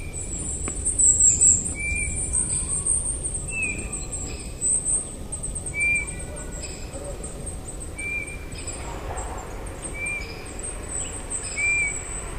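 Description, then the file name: Eurasian bullfinch calls as single mellow, slightly falling whistles spaced roughly two seconds apart, with a steady shrill insect drone above. "Pyrrhula pyrrhula"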